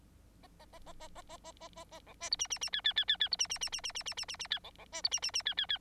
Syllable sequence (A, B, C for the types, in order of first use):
A A A A A A A A A A A B C D E E E F F F F F D E E E E E E E E E E F B B C D E E E F F F